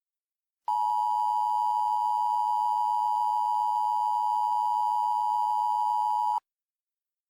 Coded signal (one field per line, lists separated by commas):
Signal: Emergency Alert System (SAME) tones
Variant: 853 and 960 Hz attention tone